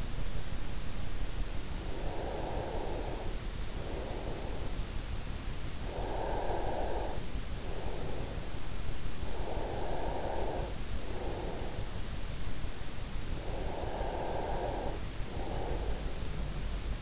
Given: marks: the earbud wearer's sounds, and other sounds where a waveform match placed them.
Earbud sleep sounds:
sounds in sleep by an in-ear microphone; breath
1.52-4.95 s: breath
5.95-11.95 s: breath
13.22-16.66 s: breath

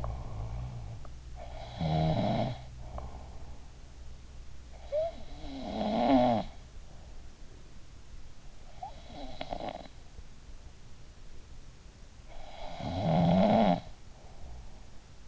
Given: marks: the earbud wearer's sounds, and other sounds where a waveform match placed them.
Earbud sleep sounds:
sounds in sleep by an in-ear microphone; snoring breath
0.00-15.28 s: snoring breath

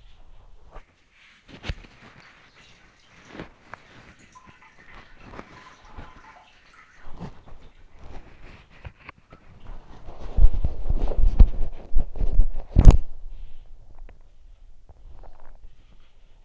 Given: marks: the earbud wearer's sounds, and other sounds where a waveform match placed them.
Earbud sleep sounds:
sounds in sleep by an in-ear microphone; body movement
0.00-16.45 s: body movement

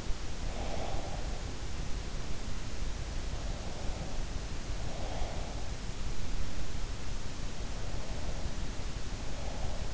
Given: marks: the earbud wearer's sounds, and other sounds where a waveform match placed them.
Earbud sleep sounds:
sounds in sleep by an in-ear microphone; breath
0.00-2.23 s: breath

